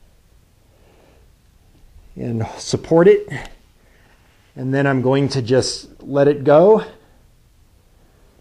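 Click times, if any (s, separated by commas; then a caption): none. A click-type torque wrench on a lug nut has weights released onto its handle during a calibration test, while someone talks from about 2.2 to 3.5 seconds and again from 4.6 to 7.0 seconds. Between and after the talking there is only quiet background, and the wrench has not clicked yet, staying below its setting.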